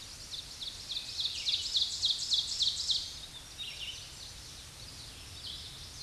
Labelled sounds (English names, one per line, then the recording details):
Ovenbird song
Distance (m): 30 m
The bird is about 10 m above the microphone
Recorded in a Pennsylvania forest on 16 May 2024 at 07:51
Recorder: AudioMoth, point MSD-2146
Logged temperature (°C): 16.7 °C
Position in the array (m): 149 m, 2 m